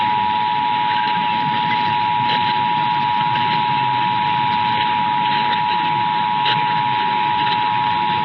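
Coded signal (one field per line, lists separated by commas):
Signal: Emergency Alert System (SAME) tones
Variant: 853 and 960 Hz attention tone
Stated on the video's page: Los Angeles monthly EAS test captured on 12 AM radio stations.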